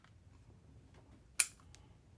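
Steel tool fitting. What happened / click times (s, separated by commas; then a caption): The metal part popped free of its mount / 1.4 s. A steel hole saw is released from its drill arbor with one loud, sharp metallic pop at 1.4 s. A faint tick follows at about 1.7 s. Otherwise the clip is quiet apart from low background noise.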